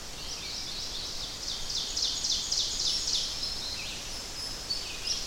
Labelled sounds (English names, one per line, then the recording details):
Ovenbird song
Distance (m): 45 m
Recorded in boreal forest in Alberta, Canada, on 10 June 2016 at 05:57
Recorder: SongMeter 3, array SBT-3-39
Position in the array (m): 208 m, 163 m
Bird 17